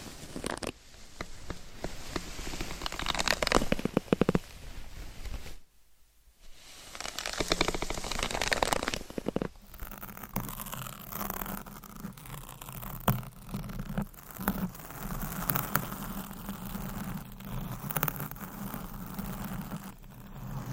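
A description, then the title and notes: Scratching and tapping on surfaces, dense and crackly, with busy bursts in the first nine seconds and a brief near-silent gap around six seconds. After about ten seconds the rubbing turns steadier and softer over a low hum, broken by occasional sharper taps. ASMR Scratching , Tapping & Massage with DIFFERENT Mics , Items & Nails No Talking.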